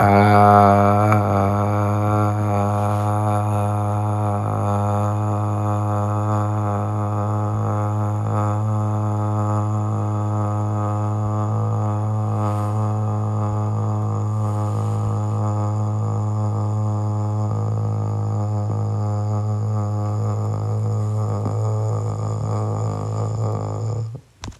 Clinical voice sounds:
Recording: sustained vowel /a/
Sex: male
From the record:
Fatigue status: fatigue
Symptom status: symptomatic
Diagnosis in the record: COVID-19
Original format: m4a

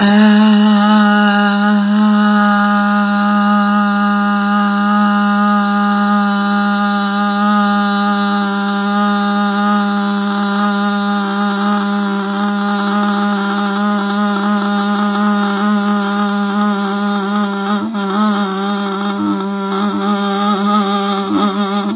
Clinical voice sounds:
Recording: sustained vowel /a/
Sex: female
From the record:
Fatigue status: no fatigue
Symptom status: symptomatic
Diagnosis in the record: COVID-19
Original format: 3gp

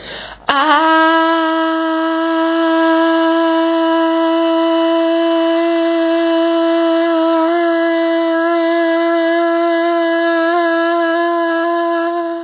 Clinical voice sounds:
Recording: sustained vowel /a/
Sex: female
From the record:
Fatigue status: no fatigue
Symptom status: symptomatic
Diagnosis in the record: COVID-19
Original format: 3gp

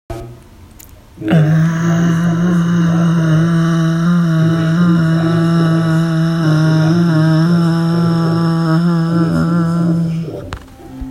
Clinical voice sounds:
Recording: sustained vowel /a/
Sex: female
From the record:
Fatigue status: fatigue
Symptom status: symptomatic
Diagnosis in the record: COVID-19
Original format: m4a

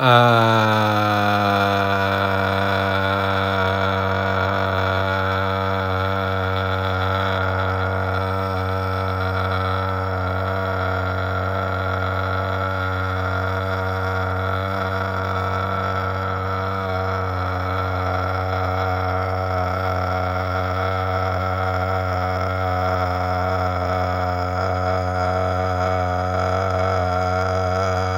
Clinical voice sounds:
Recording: sustained vowel /a/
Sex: male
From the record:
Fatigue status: no fatigue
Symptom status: symptomatic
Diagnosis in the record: COVID-19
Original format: m4a

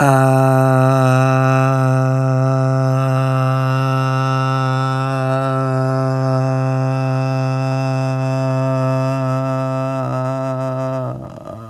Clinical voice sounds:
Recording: sustained vowel /a/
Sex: male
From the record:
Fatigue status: fatigue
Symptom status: symptomatic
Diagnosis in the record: COVID-19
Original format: m4a

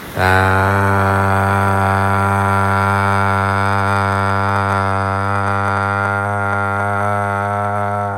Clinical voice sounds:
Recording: sustained vowel /a/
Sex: male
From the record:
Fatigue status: no fatigue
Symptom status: symptomatic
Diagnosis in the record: COVID-19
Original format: m4a

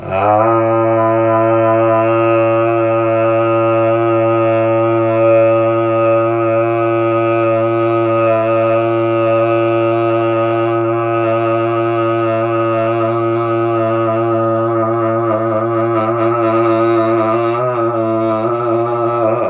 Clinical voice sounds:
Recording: sustained vowel /a/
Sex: male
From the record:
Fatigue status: no fatigue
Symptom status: asymptomatic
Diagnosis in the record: COVID-19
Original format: m4a

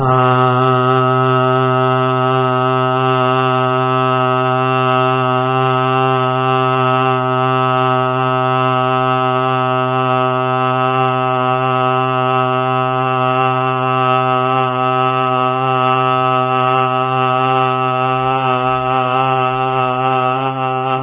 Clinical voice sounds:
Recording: sustained vowel /a/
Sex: male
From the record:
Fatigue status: no fatigue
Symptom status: symptomatic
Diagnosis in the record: COVID-19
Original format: 3gp

